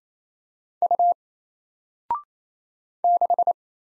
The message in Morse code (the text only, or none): U 6